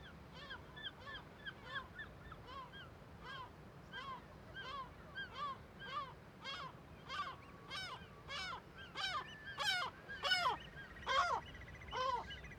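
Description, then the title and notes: Gull alarm calls, harsh barking notes repeated about once a second, growing louder toward the end, with a rapid rattling trill from another bird late on. Huge cirque above Viðarlundin forest, Kunoy, Faroe Islands; gulls and other birds alarmed by the recordist; quadraphonic recording, MixPre-6 II with DPA 4021 and 4022 microphones. "Le Palais des mouettes . Grand Cirque . Kunoy, Îles Féroé. Iles Féroé, KUNOY, nous sommes au dessus la forêt de Viðarlundin í Kunoy, le Cirque est énorme et les mouettes et autres oiseaux se mettent en alerte"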